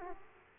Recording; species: mosquito wingbeat signal from an infrared sensor; Aedes aegypti